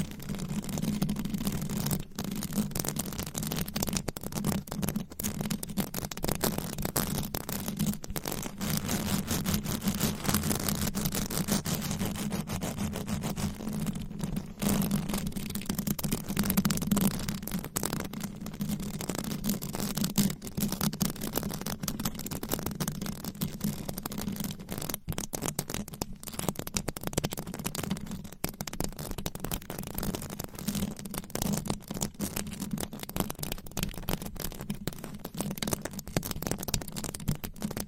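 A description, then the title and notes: Fast, aggressive scratching on microphones and their covers with nails makes a dense, continuous rasping that barely lets up for the whole stretch. A steady low hum runs underneath, and the scratching stays even in loudness, with only brief flickers of pause. ASMR Fast & Aggressive Mic Scratching with 15 DIFFERENT MICS Covers & Nails No Talking.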